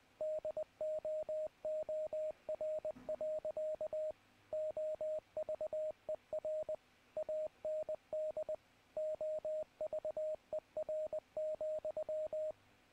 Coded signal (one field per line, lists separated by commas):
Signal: Morse code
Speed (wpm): 20 wpm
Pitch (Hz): 620 Hz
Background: radio noise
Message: DOOR. OVER AND OVER,